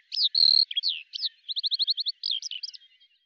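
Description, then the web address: Bird song: a quick phrase of high slurred whistles, then a rapid trill of repeated short notes, ending in twittering chirps that fade out. "Deverinetal 2025 File cleaned normalized Bird Al Ar"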